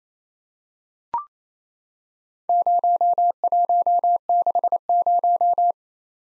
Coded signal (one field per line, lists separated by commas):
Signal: Morse code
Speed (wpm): 29 wpm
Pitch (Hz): 700 Hz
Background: none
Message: 0160